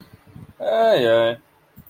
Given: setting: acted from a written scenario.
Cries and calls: vocal sound without words; serenity

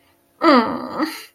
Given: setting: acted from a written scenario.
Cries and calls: vocal sound without words; disappointment

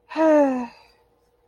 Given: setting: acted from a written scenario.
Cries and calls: vocal sound without words; romantic love

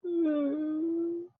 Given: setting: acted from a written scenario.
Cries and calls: vocal sound without words; sadness

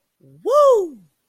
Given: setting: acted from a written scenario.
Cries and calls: vocal sound without words; triumph

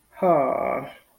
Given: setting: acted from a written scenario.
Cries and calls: vocal sound without words; distress

